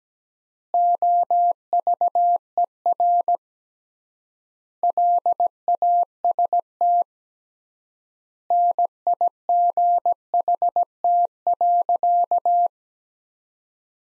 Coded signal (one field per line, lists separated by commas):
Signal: Morse code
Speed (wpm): 17 wpm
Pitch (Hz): 700 Hz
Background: none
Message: OVER LAST NIGHT.